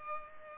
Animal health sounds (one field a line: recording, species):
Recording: mosquito wingbeat signal from an infrared sensor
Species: Culex pipiens